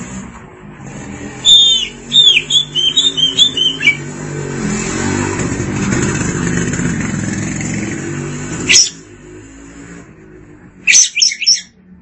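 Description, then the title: Oriental magpie-robin with a short series of sweet whistled phrases, later two bursts of harsh scratchy notes, over a loud continuous rumbling hum. Kacer (Oriental magpie-robin) song. "Suara Kicauan Burung Kacer"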